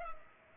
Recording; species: mosquito wingbeat signal from an infrared sensor; Culex pipiens